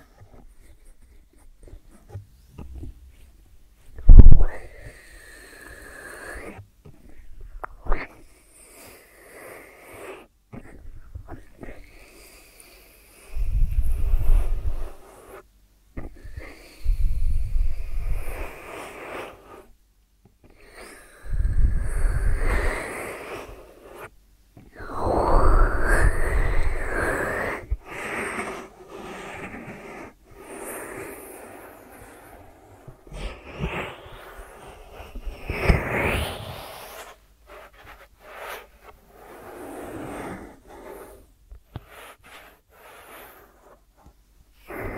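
ASMR ear treatment sounds: irregular bursts of soft rustling, breathy hisses and low thumps, separated by quiet gaps, with louder clusters around 14, 22 and 26 seconds.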